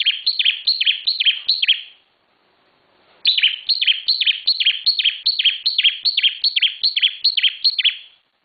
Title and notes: Suara Ciblek Semi. Kumpulan Kicauan Bermacam macam Burung Masteran